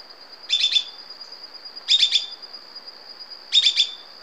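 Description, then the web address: Immaculate antbird calls in three short stuttering bursts of three or four quick notes, roughly one and a half seconds apart, over a steady high tone. Ecuador. "Natures Songs S America Birds of Ecuador Immaculate Antbird"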